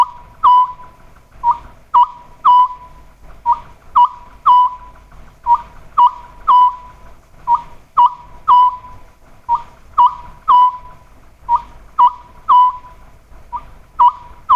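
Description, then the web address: Oriental scops owl repeating short whistled phrases of a few hoots, steadily about every two seconds. "sikioto. konohazuku"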